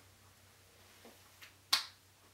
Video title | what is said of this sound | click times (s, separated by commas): Review: OLAZ Gesichtsbürste / BEBE YOUNG CARE Waschgel / Balea Waschgel | nicht ob ihr das jetzt gehört hab aber er ist nicht leise also man hört den Klick deutlich und | 1.7 s